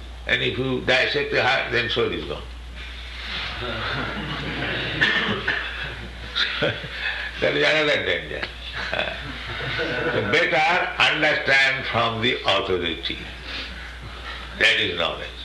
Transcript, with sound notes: and if you dissect the heart, then soul is gone. [laughter] That is another danger. [laughs] Better understand from the authority. That is knowledge.